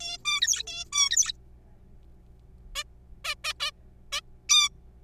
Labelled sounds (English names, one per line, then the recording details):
Zebra Finch
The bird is a juvenile
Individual R3428